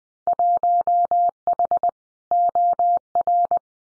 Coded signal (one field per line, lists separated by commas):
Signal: Morse code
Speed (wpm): 20 wpm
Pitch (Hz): 700 Hz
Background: none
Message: 1H OR